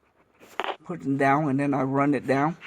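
A RAM memory module is pressed by thumb into the top retaining clip of a motherboard DIMM slot while the motherboard is held by hand. A sharp click sounds at 0.6 s as the top edge seats into the clip, followed by someone talking.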